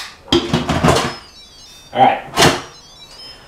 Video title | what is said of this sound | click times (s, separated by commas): How To Cook Rice - Perfect Brown Rice every time - Instantpot Brown Rice | I've got my extra pot locked into place | 0.3 s